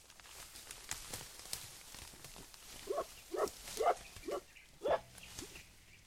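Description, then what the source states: Mountain gorilla making a quick run of short, hoarse grunts over about two seconds, preceded and followed by quieter rustling background. Vocalization type named uuk.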